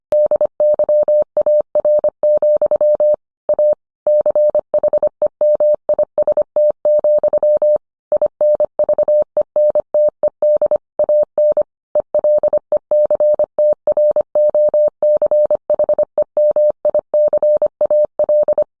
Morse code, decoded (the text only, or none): DYAR, A CHEMIST, INVENTED AN ELECTROCHEMICAL